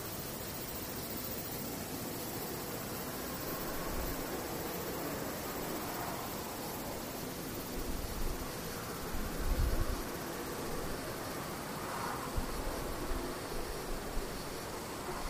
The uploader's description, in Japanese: セミ